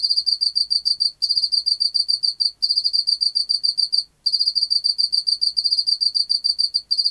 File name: Teleogryllus oceanicus